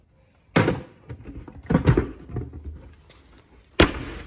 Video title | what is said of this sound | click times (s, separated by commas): Inexpensive way to Convert your vacuum into a dust collector | Snapped in place. | 0.6 s